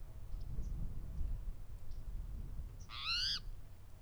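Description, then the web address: Spotted towhee giving a single harsh, nasal, cat-like mewing call near the end, slightly rising then falling, over low steady rumble and faint chips. "lbrc spto dobbs"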